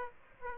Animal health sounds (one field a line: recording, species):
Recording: mosquito wingbeat signal from an infrared sensor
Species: Aedes aegypti